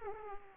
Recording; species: mosquito wingbeat signal from an infrared sensor; Aedes aegypti